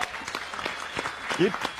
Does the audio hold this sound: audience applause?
yes